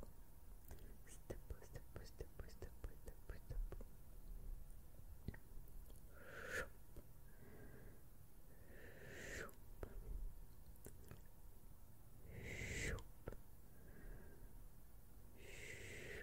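A brush scrubs across a face in quick, dense strokes early on, then slower soft swishes and breathy sweeps recur every few seconds.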